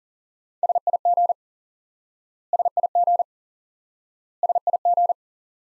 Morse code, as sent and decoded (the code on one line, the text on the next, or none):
... .. --. / ... .. --. / ... .. --.
SIG SIG SIG